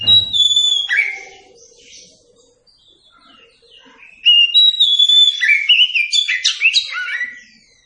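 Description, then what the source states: Oriental magpie-robin singing two bursts of clear, varied whistles with slurred and jumping notes, split by a quiet gap of about three seconds. Kacer song used for training captive birds.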